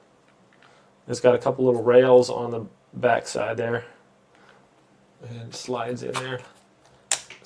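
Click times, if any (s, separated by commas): 7.1 s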